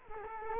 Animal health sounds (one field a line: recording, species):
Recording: mosquito wingbeat signal from an infrared sensor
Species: Culex quinquefasciatus